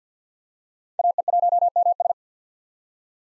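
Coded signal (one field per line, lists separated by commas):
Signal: Morse code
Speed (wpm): 50 wpm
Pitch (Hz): 700 Hz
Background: none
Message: AE1MS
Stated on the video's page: Common SOTA chaser call signs at 50 wpm for head-copy practice.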